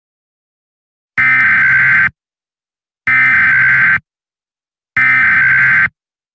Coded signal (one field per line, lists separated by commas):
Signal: Emergency Alert System (SAME) tones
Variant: header bursts